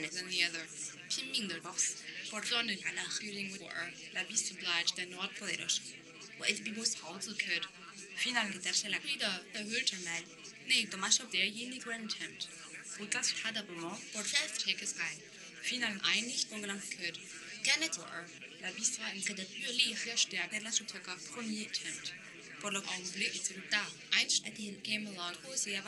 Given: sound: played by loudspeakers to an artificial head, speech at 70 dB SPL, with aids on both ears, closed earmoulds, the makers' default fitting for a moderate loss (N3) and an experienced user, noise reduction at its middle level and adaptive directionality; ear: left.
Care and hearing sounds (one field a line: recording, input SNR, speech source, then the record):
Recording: speech test signal (ISTS) in cocktail-party noise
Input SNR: +6 dB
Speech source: in front (0 degrees)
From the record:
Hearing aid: class 1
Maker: J